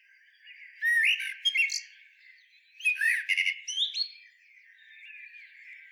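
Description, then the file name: Common blackbird song with two clear phrases, each of rich fluted whistles followed by a squeaky, chattering flourish, then soft warbling. "Turdus merula"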